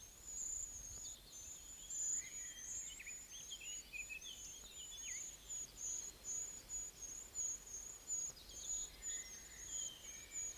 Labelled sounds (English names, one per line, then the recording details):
Short-toed Treecreeper
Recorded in the wild
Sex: diverse
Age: diverse
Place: Detmold, OT Hiddesen, Teutoburger Wald, Nordrhein-Westfalen, DE
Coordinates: 51.9119, 8.82861
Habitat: dell
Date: 1969-06-17
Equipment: Uher 4000 Report-S, Bändchenmikro Beyer M 260, Parabolspiegel Polyester (470 mm)
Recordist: Conrads, Klaus